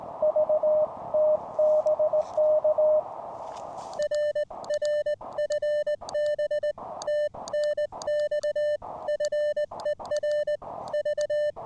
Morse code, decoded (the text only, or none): VT BK RR FB TNX FER V